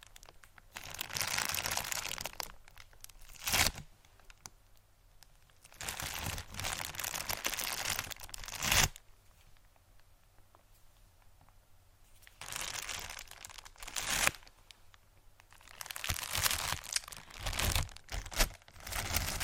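A squishy package is crinkled in bursts, with sharp crackling handling around two, eight, fourteen and eighteen seconds between quieter pauses.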